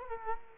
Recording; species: mosquito wingbeat signal from an infrared sensor; Culex quinquefasciatus